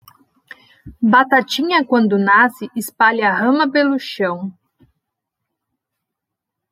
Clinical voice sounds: short text; Brazilian Portuguese; female; 30 to 39 years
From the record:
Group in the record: control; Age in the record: 37 years

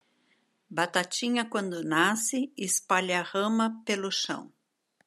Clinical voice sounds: short text; Brazilian Portuguese; female; 60 to 69 years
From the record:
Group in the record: control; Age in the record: 62 years

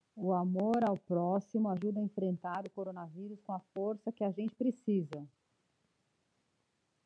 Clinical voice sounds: spoken sentence; Brazilian Portuguese; female; 40 to 49 years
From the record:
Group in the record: control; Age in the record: 46 years

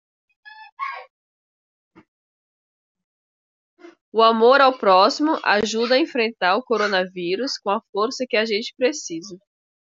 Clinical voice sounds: spoken sentence; Brazilian Portuguese; female; 30 to 39 years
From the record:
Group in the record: control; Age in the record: 35 years

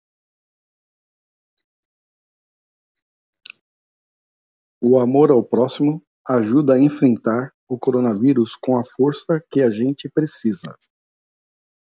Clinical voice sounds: spoken sentence; Brazilian Portuguese; male; 50 to 59 years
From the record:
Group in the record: control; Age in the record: 51 years

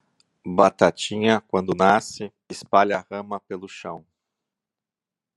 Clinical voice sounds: short text; Brazilian Portuguese; male; 50 to 59 years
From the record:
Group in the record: control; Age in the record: 58 years

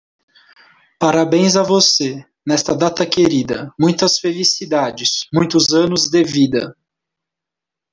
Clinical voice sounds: short text; Brazilian Portuguese; male; 30 to 39 years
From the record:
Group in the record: control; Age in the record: 30 years

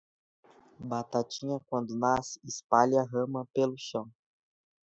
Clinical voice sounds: short text; Brazilian Portuguese; male; 18 to 19 years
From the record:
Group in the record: control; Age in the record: 18 years

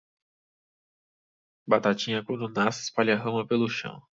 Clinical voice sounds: short text; Brazilian Portuguese; male; 20 to 29 years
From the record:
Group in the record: control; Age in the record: 24 years

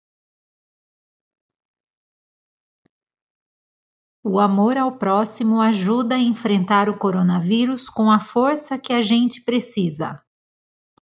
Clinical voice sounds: spoken sentence; Brazilian Portuguese; female; 40 to 49 years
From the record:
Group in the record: control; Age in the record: 45 years

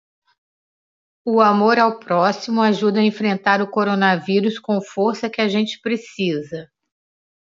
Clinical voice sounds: spoken sentence; Brazilian Portuguese; female; 50 to 59 years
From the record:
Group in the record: control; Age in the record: 58 years

